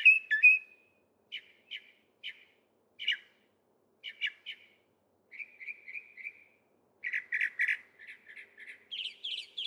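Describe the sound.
Northern mockingbird singing varied phrases: sharp notes repeated in small groups, a short buzzy trill, then a burst of loud chattering notes and higher whistles.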